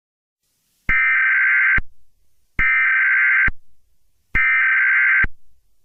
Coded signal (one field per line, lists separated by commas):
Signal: Emergency Alert System (SAME) tones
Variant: header bursts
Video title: eas scenario catemojibabyheat part 30 the young country bombers paper by speaker box for the